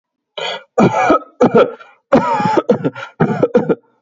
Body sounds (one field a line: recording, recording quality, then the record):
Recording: heavy voluntary cough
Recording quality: excellent, no background noise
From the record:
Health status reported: healthy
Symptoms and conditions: none ticked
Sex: male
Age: 37 years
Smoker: not ticked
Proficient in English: yes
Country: India